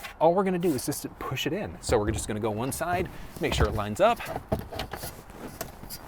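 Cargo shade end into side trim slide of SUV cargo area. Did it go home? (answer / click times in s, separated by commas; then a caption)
yes / 5.6 s. Someone talks while one end of the plastic cargo shade is lined up with the slide on the side of the cargo area of a Lincoln Nautilus and pushed in. It drops in and clicks into place at 5.6 s, seating the shade end in the side trim slide.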